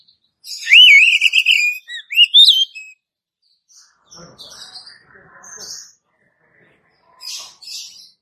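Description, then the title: Oriental magpie-robin delivering a bright, wavering whistled phrase followed by a rising note, then faint scratchy chirps and soft calls. "Kacer"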